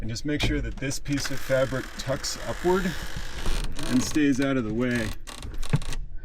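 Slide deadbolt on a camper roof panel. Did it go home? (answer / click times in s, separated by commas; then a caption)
no / none. Someone talks while handling the pop-up roof section of a Four Wheel Campers Hawk slide-in camper, whose small slide deadbolt snaps into place to stop rattling. A few light, sharp clicks sound near the end, around 5.7 and 5.9 seconds. Nothing has seated yet when the clip ends.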